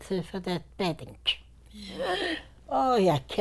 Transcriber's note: she gasps